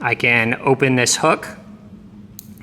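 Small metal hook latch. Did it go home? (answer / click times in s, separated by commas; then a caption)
yes / 2.4 s. Someone talks, then the hook of a Stan Onnex thumb-button archery release, having been opened, is closed back onto the release's cocked firing mechanism. A sharp metallic click at 2.4 s is followed by faint small ticks, and the hook locks into place.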